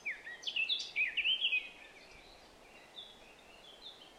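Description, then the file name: Eurasian blackcap song: a rapid, varied warbling phrase of fluty and scratchy notes lasting about one and a half seconds, followed by faint scattered notes. "Sylvia atricapilla"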